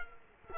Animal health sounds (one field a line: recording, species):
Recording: mosquito wingbeat signal from an infrared sensor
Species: Culex quinquefasciatus